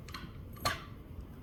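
A Kabolite K961 RC excavator track motor, being refitted as part of a squeal fix, is tapped lightly into its gearbox housing, with faint light taps near 0.1 and 0.2 s. At 0.7 s the gears line up and the motor drops in with a short, bright click, seating it in place.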